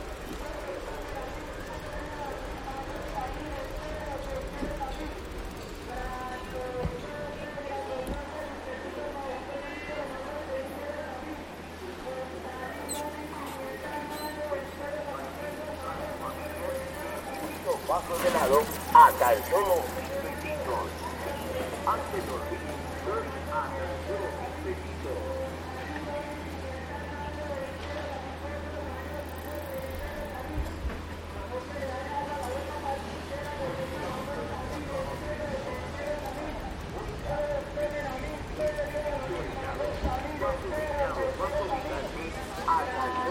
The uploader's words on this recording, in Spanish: Paisaje Sonoro Centro Centro de Bogotá en Bicicleta. Grabado en bicicleta.